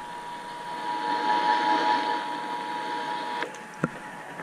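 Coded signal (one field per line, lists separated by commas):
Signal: Emergency Alert System (SAME) tones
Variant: 853 and 960 Hz attention tone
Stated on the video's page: Out-of-state EAS tests: Required Monthly Tests on AM stations WGN, WBAP, KOKC, WSM, WHO, WBT; Required Weekly Tests on weather radio KXI81 and KEC80.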